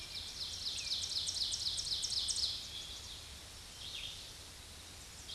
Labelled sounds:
Ovenbird (Seiurus aurocapilla) song
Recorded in a Pennsylvania forest on 16 May 2024 at 07:34
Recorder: AudioMoth, point MSD-2456
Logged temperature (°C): 16.4 °C
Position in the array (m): 210 m, 102 m

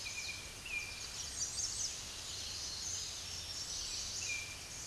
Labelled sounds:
American Redstart (Setophaga ruticilla) song
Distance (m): 45 m
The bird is about 5 m above the microphone
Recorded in a Pennsylvania forest on 16 May 2024 at 06:36
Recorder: AudioMoth, point MSD-1293
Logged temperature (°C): 12.0 °C
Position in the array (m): 29 m, 185 m

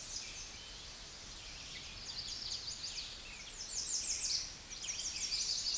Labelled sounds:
American Redstart (Setophaga ruticilla) song
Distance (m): 5 m
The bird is about 5 m above the microphone
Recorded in a Pennsylvania forest on 16 May 2024 at 09:02
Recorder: AudioMoth, point MSD-0526
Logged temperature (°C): 16.6 °C
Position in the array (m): 101 m, 227 m

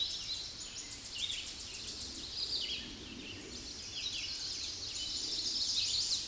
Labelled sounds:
Red-eyed Vireo (Vireo olivaceus) song
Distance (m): 30 m
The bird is about 15 m above the microphone
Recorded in a Pennsylvania forest on 16 May 2024 at 09:32
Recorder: AudioMoth, point MSD-2273
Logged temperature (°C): 16.0 °C
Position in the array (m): 59 m, 198 m

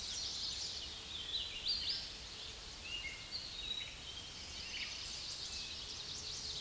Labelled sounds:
Hooded Warbler (Setophaga citrina) song
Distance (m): 75 m
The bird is about 15 m above the microphone
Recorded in a Pennsylvania forest on 16 May 2024 at 06:54
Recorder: AudioMoth, point MSD-2155
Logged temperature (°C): 15.6 °C
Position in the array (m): 2 m, 156 m

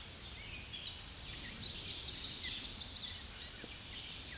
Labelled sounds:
American Redstart (Setophaga ruticilla) song
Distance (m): 25 m
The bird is about 15 m above the microphone
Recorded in a Pennsylvania forest on 16 May 2024 at 07:00
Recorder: AudioMoth, point MSD-0230
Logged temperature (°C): 15.3 °C
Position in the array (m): 49 m, 231 m

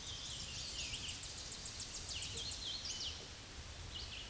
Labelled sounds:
Tennessee Warbler (Leiothlypis peregrina) song
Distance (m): 45 m
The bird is about 30 m above the microphone
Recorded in a Pennsylvania forest on 16 May 2024 at 09:52
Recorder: AudioMoth, point MSD-2040
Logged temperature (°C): 15.3 °C
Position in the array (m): 62 m, 176 m

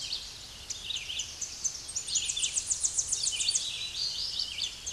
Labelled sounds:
Tennessee Warbler (Leiothlypis peregrina) song
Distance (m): 40 m
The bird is about 35 m above the microphone
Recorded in a Pennsylvania forest on 16 May 2024 at 08:13
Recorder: AudioMoth, point MSD-1293
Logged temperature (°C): 12.0 °C
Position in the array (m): 59 m, 178 m

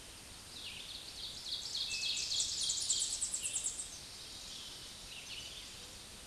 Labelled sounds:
Ovenbird (Seiurus aurocapilla) song
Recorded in a Pennsylvania forest on 16 May 2024 at 06:44
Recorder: AudioMoth, point MSD-2391
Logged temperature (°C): 15.0 °C
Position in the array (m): 81 m, 63 m

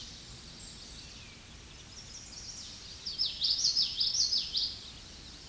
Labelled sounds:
Common Yellowthroat (Geothlypis trichas) song
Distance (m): 20 m
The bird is about 10 m above the microphone
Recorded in a Pennsylvania forest on 16 May 2024 at 07:45
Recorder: AudioMoth, point MSD-2061
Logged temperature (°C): 16.1 °C
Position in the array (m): 237 m, 173 m

